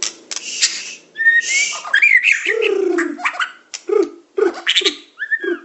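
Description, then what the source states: Bird calls and song mixed: high chirps and whistles over lower, harsher squawking notes that come in short repeated bursts. Masteran training recording, a complete compilation of bird song.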